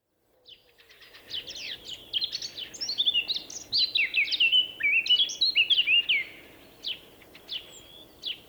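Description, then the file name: Eurasian blackcap song, building from soft notes into a fast, loud warble of varied whistles, then tapering to scattered single notes. "Sylvia atricapilla"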